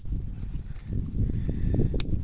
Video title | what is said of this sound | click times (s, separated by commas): TUTO GROSSE REVISION HUILE BOUGIE FILTRES A AIR ESSENCE MOTEUR AUDI VW 2.0 TFSI (GOLF A3 A4 A5 TT) | suffit tu vois tu entends un petit clic tac | 2.0 s